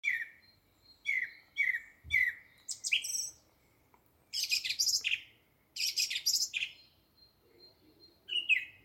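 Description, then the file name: Bird song: several short, falling whistled notes, then bursts of very high, buzzy chattering phrases separated by pauses, and a final falling note. "vogel"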